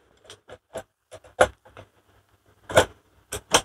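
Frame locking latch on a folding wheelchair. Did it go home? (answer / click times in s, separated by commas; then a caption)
yes / 3.3 s. While reassembling a Sunny 9 Karma folding wheelchair for heavy persons, the frame locking latch is pushed inward, with a series of short knocks and rattles. The latch engages with a metallic click at 3.3 s, locking the frame shut.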